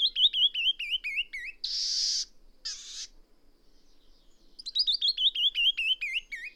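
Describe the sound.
Bird song: a quick run of about eight high, slurred chirps stepping downward in pitch, then two harsh buzzy bursts, then the falling run again.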